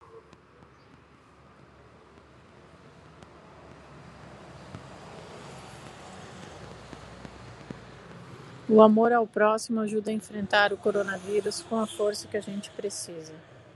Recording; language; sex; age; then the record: spoken sentence; Brazilian Portuguese; female; 30 to 39 years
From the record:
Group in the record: control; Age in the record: 38 years